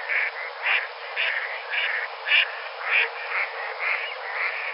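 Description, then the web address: Mallard giving hoarse, nasal quacks spaced about half a second apart over faint hiss. Mallards flying. "Duck Mallards Flying"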